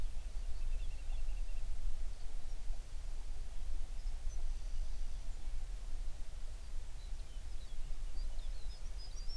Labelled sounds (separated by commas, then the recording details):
songbird
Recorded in the Prudhoe Bay oil fields, Alaska, on 11 June 2019 at 04:34
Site 21